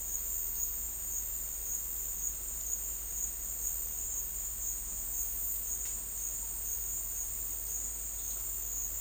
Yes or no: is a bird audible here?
no